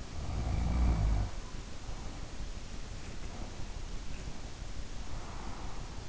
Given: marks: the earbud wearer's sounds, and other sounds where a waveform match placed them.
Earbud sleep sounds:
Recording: sounds in sleep by an in-ear microphone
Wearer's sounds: snoring breath, breath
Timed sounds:
0.10-2.95 s: snoring breath
3.04-4.32 s: breath
4.95-6.09 s: breath

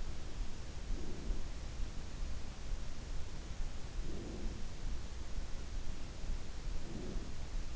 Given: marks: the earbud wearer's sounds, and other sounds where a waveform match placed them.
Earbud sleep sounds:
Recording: sounds in sleep by an in-ear microphone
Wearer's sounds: breath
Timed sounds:
0.79-1.54 s: breath
3.82-4.59 s: breath
6.50-7.38 s: breath

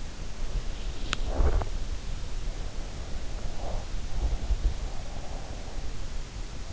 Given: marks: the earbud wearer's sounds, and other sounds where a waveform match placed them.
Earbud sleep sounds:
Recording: sounds in sleep by an in-ear microphone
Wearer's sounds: breath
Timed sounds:
1.31-2.53 s: breath
3.08-6.58 s: breath

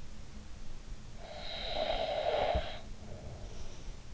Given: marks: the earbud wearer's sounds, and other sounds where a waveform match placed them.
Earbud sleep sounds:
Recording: sounds in sleep by an in-ear microphone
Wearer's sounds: snoring breath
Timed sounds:
0.48-3.97 s: snoring breath

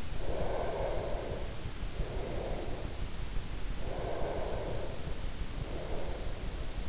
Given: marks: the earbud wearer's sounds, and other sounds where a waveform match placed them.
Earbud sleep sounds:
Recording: sounds in sleep by an in-ear microphone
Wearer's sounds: breath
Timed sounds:
0.00-3.25 s: breath
3.77-6.68 s: breath

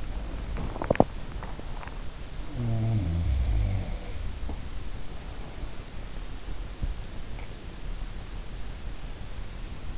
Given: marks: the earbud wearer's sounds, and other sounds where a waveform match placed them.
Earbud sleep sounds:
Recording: sounds in sleep by an in-ear microphone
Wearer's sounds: swallowing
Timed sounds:
0.00-1.62 s: swallowing

